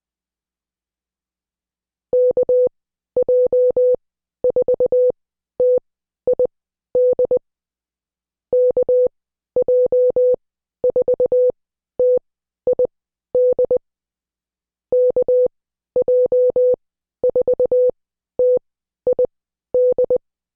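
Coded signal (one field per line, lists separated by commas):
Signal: Morse code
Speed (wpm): 20 wpm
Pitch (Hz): 500 Hz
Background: none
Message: KJ4TID KJ4TID KJ4TID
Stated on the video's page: Morse code class lesson.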